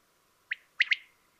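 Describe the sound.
Common quail uttering a single three-part phrase, one note then two rapid ones, with the background otherwise quiet.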